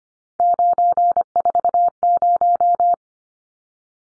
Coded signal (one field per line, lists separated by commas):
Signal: Morse code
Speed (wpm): 25 wpm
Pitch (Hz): 700 Hz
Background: none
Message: 940